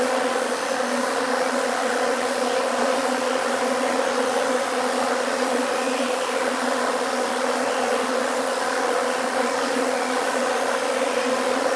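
Bees buzzing as a dense, steady drone that never pauses, with a continuous humming tone and a broad rushing hiss filling the whole recording.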